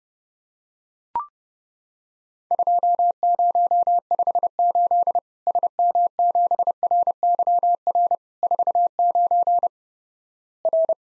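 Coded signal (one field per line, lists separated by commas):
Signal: Morse code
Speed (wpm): 30 wpm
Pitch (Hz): 700 Hz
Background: none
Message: 2058 SM7RYR 49 R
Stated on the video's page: Morse drill of Worked All Europe DX Contest QTC exchanges at 30 wpm, each sent in Morse, then spoken, then sent again.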